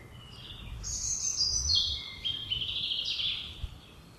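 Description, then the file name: European robin song: a rapid, varied run of thin high warbled notes and trills, slurring between high and slightly lower pitches, with faint low background rumble. "Erithacus rubecula"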